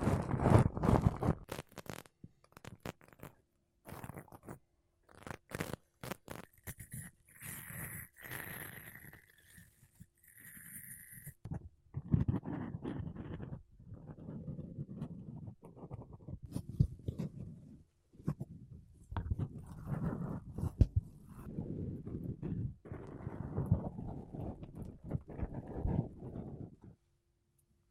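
Makeup brushes and a sponge rub against a microphone in dense, scratchy bursts. The first ten seconds bring sharp, crackly strokes with bright hissing swishes; after that come longer, softer, lower rubbing passages separated by short pauses, ending in silence near 27 seconds.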